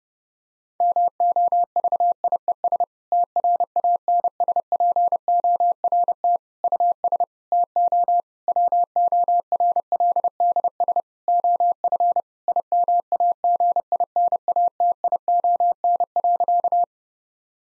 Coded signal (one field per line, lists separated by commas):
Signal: Morse code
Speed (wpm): 30 wpm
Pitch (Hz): 700 Hz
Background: none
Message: MOVIES TRANSPORT US TO WORLDS OF IMAGINATION.